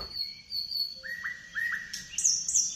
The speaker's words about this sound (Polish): Trzeba im przyznać, że rzeczywiście się pojawiły o poranku i świergolą już.